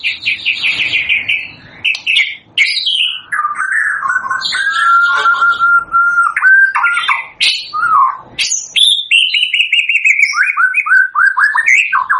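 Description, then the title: White-rumped shama pouring out a long, varied song of whistles, clicks and a sustained even note, then a falling series of rapid notes. Lure song used for trapping (pikat); lively singing bird (gacor). "PANCINGAN MURAI BATU GACOR"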